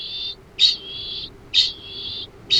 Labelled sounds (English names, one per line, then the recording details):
Kākāpō ching call
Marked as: faintness 2/5
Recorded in New Zealand
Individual Arab